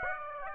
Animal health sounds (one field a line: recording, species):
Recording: mosquito wingbeat signal from an infrared sensor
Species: Aedes aegypti